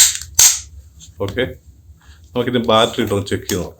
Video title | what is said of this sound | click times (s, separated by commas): റിമോട്ടിന്റെ power button വർക്കാകുന്നില്ലേ.. All tv & dth & cable receiver remote repair | ഇങ്ങനെ ഒന്ന് press ചെയ്തു കൊടുത്താൽ വീണ്ടും ലോക്ക് ആയിക്കോളും | 0.2 s, 0.4 s